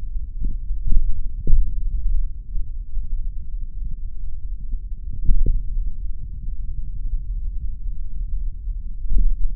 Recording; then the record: forearm muscle sounds (acoustic myography)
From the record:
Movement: finger pinch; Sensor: system 3, bracelet of six PUI Audio POM-2738L microphones around the upper forearm, with dedicated amplification and filtering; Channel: 4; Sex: male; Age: 26 years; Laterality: right